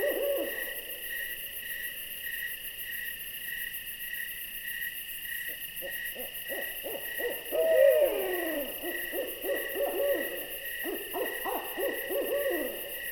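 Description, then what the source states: Owl voice: scattered falling notes, building to rapid bursts of short descending quavers in the second half, set against continuous rhythmic insect trilling. Owl visitation.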